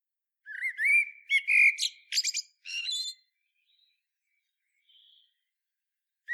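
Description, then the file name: Common blackbird song: one phrase of warm whistles and clipped squeaky notes, followed by silence, with another phrase just starting at the end. "Turdus merula"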